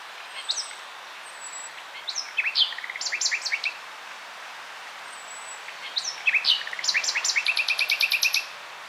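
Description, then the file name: Common nightingale song: a thin high whistle, then chattering phrases ending in fast repeated clicking trills, twice over. "Luscinia megarhynchos"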